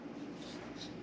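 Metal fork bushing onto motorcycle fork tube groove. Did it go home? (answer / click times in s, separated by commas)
no / none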